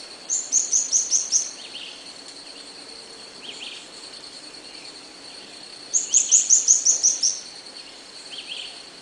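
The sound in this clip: Bird calling in two quick bursts of about seven high, sharp chirps each, several seconds apart, over a steady high tone.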